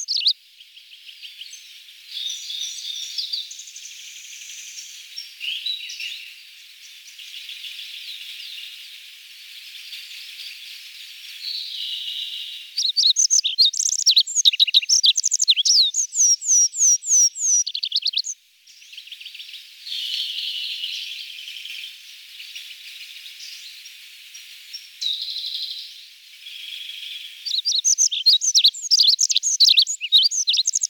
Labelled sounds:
Olive-backed Pipit (Anthus hodgsoni) song

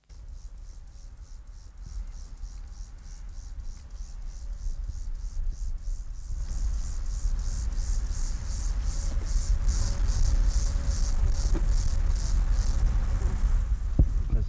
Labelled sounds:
Upland Field Grasshopper (Chorthippus apricarius) stridulation

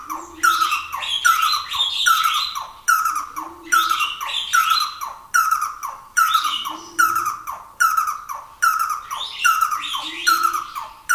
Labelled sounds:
Red-and-yellow Barbet (Trachyphonus erythrocephalus) call

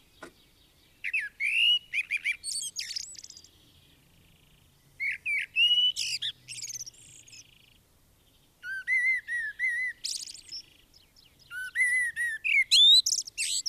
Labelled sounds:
Common Blackbird (Turdus merula) song

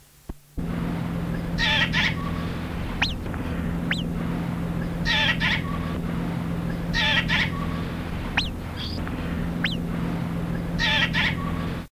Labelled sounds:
Steller's Jay (Cyanocitta stelleri) call

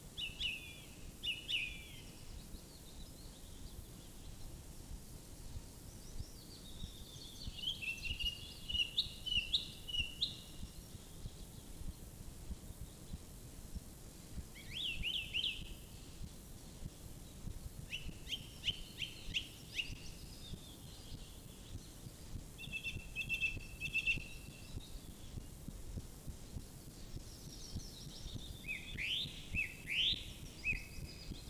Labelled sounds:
Song Thrush (Turdus philomelos) song

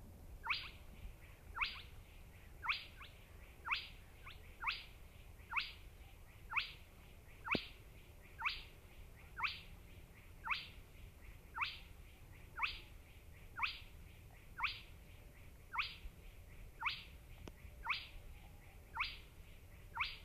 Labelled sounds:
Spotted Crake (Porzana porzana) song

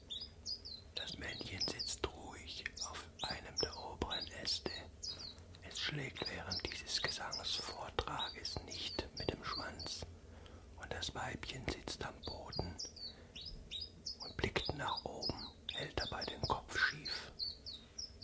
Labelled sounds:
Common Chiffchaff (Phylloscopus collybita)

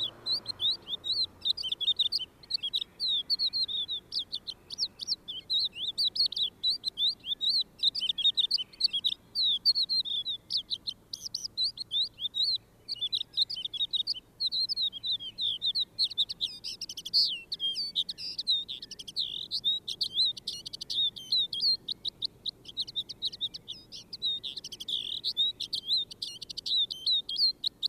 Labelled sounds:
Crested Lark (Galerida cristata) song

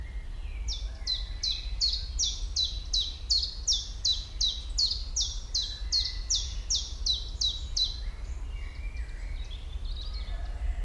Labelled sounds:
Common Chiffchaff (Phylloscopus collybita)

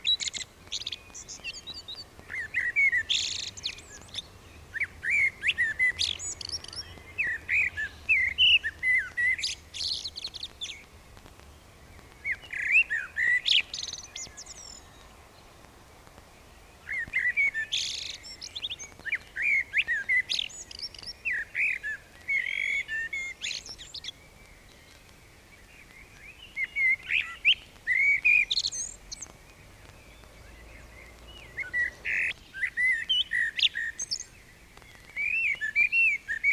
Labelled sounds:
Common Blackbird (Turdus merula) song

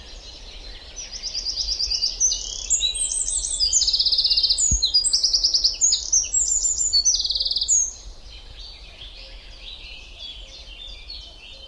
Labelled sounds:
Eurasian Wren (Troglodytes troglodytes) song

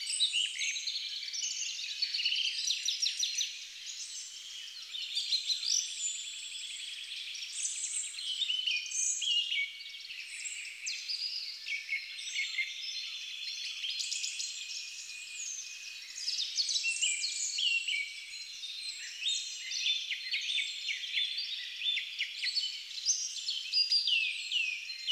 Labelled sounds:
Song Thrush (Turdus philomelos) song

